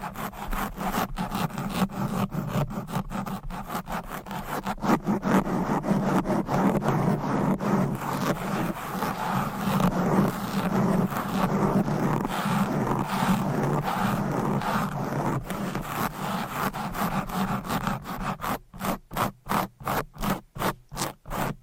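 Fast, aggressive scratching on a microphone, a dense stream of rough rubbing strokes that blur together for most of the clip. The friction is coarse and scraping, with a low rumble underneath. Near the end, the strokes separate into quicker, evenly spaced rasps.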